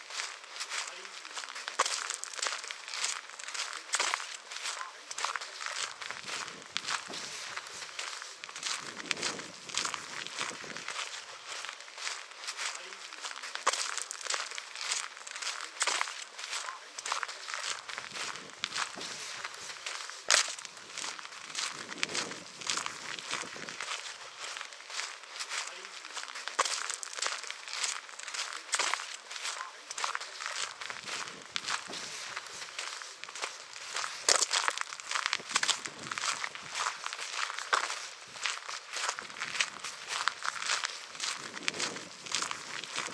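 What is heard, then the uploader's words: Footsteps crunch along a gravel road in a steady, unbroken walking rhythm, each step a bright, gritty scrape of loose stones. The crunching stays fairly even in loudness for the whole stretch, with brief lower thuds surfacing now and then. Footsteps Walking on Gravel Road Sounds.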